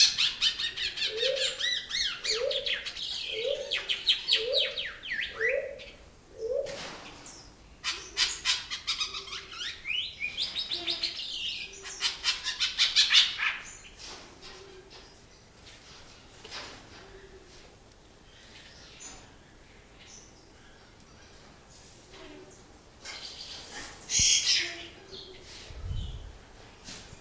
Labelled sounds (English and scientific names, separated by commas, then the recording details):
Cinnamon Ground Dove (Gallicolumba rufigula) call
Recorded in captivity
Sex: male
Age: adult
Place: Zoo Berlin, Berlin, DE
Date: 2001-03-20 12:53
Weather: partly sunny, 0-2°C
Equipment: Nagra SN, Kopie Uher 4000 Report Monitor
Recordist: Tembrock, Günter